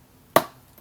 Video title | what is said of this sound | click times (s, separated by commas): LEGO Icons 2025 Tudor Corner 10350 Build Part 5 | snaps in place I was like how would I know if that's going in well that's how you know | 0.4 s